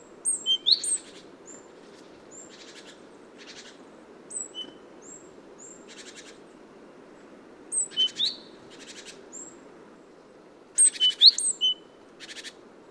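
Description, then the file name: Great tit calls: scattered high thin notes mixed with short buzzy churring bursts, coming in irregular clusters with quiet gaps between. "Parus major"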